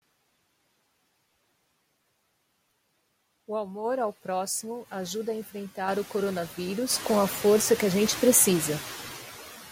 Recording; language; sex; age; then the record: spoken sentence; Brazilian Portuguese; female; 50 to 59 years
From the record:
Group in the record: control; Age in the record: 54 years